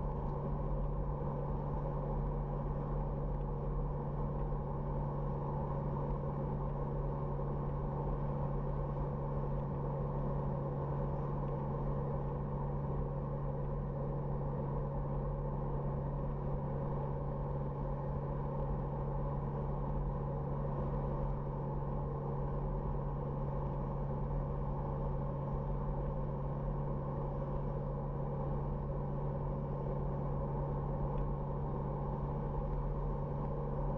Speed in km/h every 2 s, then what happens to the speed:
90, 90, 89, 90, 89, 89, 88, 88, 88, 88, 89, 88, 88, 88, 88, 89, 89.
0-34 steady at about 89.